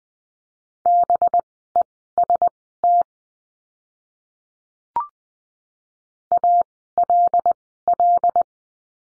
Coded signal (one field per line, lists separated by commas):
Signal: Morse code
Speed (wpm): 20 wpm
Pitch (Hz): 700 Hz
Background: none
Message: BEST ALL